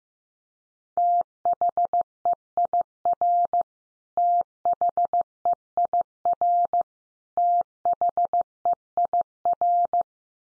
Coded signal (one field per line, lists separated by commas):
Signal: Morse code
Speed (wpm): 15 wpm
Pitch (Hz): 700 Hz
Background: none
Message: THEIR THEIR THEIR